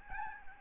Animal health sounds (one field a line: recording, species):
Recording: mosquito wingbeat signal from an infrared sensor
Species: Aedes albopictus